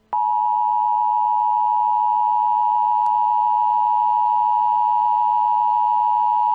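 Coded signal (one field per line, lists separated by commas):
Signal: Emergency Alert System (SAME) tones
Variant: 853 and 960 Hz attention tone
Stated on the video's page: Fictional EAS scenario alert, made by the creator.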